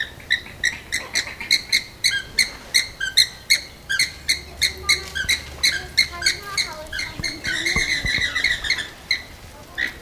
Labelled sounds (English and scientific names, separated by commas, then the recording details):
Andean Flamingo (Phoenicoparrus andinus) aggressive call
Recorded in captivity
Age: adult
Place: Zoo Berlin, Berlin, DE
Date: 2000-08-29 13:59
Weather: heiter, 21°C
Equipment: Nagra SN, Kopie Uher 4000 Report Monitor
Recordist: Tembrock, Günter